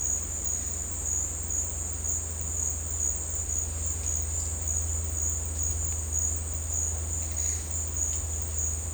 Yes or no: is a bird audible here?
no